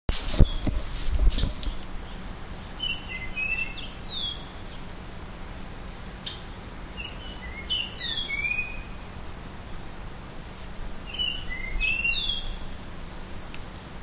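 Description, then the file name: Japanese grosbeak song: short fluty whistled phrases given in three bursts a few seconds apart, over a constant low hum after an opening knock. "ikaru"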